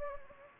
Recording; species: mosquito wingbeat signal from an infrared sensor; Anopheles gambiae